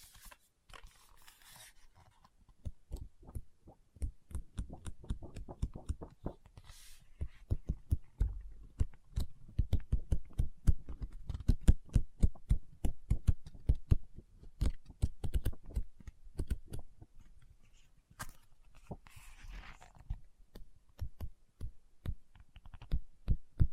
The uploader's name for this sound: Book Tapping, Scratching, Page Turning